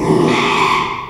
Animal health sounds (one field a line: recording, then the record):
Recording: squeal of a Yucatan mini pig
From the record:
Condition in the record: after surgery on the right vocal fold (resection and tissue-engineered implant)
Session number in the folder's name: 1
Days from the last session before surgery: 6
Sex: male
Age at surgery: 12 weeks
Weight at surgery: 13 kg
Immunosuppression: cyclosporine, prednisolone